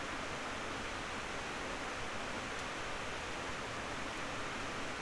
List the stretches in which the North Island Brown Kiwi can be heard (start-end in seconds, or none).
none